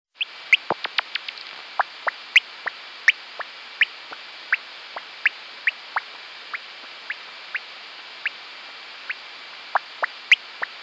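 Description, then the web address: Bat calls heard as a rapid series of sharp dry ticks, bunched at the start and then spaced irregularly, over a steady background hiss. "Fledermaus"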